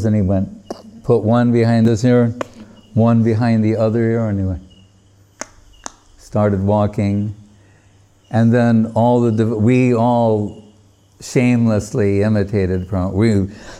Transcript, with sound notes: And he went put one behind this ear, one behind the other ear and go... [tapping sound] start walking. And then all the devotees... we all shamelessly imitated Prabhupāda.